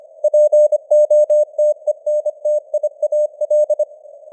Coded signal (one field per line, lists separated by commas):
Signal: Morse code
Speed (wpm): 25 wpm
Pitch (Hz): 600 Hz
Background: none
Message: POTENTIAL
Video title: Morse Code News | 2026-01-10 | 25wpm